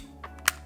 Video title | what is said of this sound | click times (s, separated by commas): INNOVATION COMPETITION PISTOL - ICS : Test complet et analyse détaillée [ENG SUB] | vous le bloquez en arrière, vous poussez, vous entendez le clac, | 0.5 s